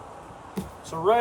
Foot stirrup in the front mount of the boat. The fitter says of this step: and click into the front.